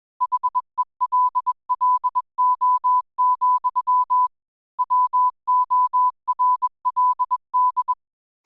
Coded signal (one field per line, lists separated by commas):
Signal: Morse code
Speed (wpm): 21 wpm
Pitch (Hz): 1000 Hz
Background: none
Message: HELLO, WORLD